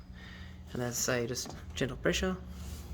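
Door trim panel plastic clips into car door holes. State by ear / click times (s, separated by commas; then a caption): not seated / none. A door trim panel on an MY21 Isuzu MU-X, removed for an auto-fold mirror install, is being pressed back onto the car door with gentle pressure, its plastic clips lined up with the holes. Someone talks over low background noise throughout. Nothing has seated or clicked yet.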